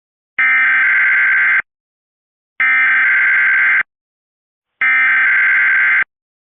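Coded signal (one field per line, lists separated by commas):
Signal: Emergency Alert System (SAME) tones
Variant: header bursts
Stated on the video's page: Monthly EAS test recorded from Comcast cable, which monitored the originating FM station, received poorly off air, possibly reduced power.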